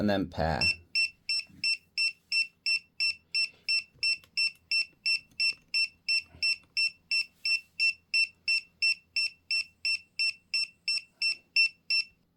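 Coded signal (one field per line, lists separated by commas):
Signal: none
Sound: drone controller's pairing beeps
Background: speech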